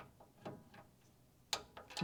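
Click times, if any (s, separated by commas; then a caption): 1.5 s. A torque wrench tightens a valve cover bolt to 8 ft-lbs, the setting chosen because a different gasket is used instead of the factory-recommended cork. Faint ratcheting ticks come first, then a sharp click at 1.5 s confirms the bolt has reached torque, followed by a few more light ticks.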